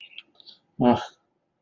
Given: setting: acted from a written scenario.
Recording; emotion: vocal sound without words; neutral